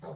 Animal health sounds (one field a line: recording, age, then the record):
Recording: pig call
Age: piglet (1 to 25 days)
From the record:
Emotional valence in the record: negative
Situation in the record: short isolation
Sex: female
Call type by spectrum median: low-frequency call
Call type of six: low-frequency stable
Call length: 0.15 s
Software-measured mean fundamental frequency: 61 Hz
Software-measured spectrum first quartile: 242 Hz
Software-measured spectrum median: 473 Hz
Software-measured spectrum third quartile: 753 Hz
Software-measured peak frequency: 159 Hz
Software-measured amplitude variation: 93 dB a second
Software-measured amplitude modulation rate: 16.2 a second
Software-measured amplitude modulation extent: 5.8 dB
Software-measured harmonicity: 2.1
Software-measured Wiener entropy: -0.32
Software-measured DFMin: 1693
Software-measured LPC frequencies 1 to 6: 579, 3834, 6390, 7382, 8287, 9893 Hz